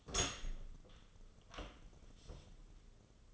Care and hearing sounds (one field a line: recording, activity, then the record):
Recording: daily activity, microphone in the room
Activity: open door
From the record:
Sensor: 4